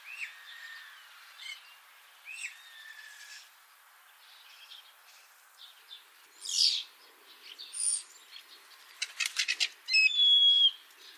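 Common starling calls: scattered drawn-out whistles, some slurred downward, with short buzzy bursts and a rapid clicking rattle near the end, separated by quiet gaps.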